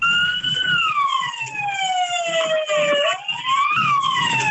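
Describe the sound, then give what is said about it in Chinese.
A fire truck siren wails loudly and steadily at a highway toll gate. The truck belongs to the Xiangyang fire brigade in Hubei, China, and is on its way to a call, its driver asking staff to raise the barrier. The pitch glides slowly downward, then sweeps back up near the end, with a low engine rumble underneath. “那网上一段视频显示呢，一高速公路的收费口，消防车响着鸣笛，司机要求收费站工作人员抬杆让行”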